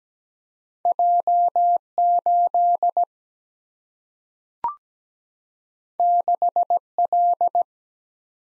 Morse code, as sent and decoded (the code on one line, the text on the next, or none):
.--- / ---.. / -.... / .-..
J 8 6 L